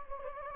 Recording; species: mosquito wingbeat signal from an infrared sensor; Anopheles gambiae